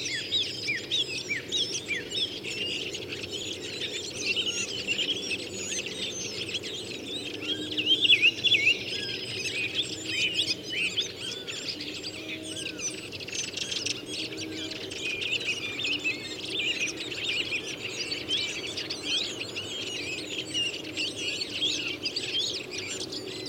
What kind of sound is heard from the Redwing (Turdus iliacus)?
song